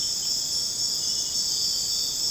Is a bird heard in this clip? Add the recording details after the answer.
no. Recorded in secondary vegetation near Puerto Asís, Putumayo, Colombia, on 21 March 2025 at 01:30. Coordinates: 0.485, -76.322. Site G040